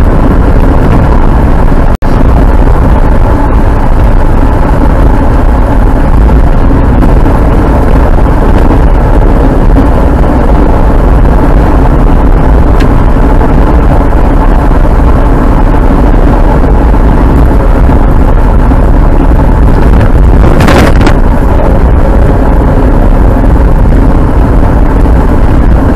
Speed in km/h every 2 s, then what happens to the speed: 63, 63, 63, 63, 63, 61, 61, 61, 63, 61, 59, 59, 60.
0-26 steady at about 61.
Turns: none.